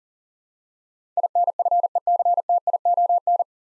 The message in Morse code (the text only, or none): INFECTION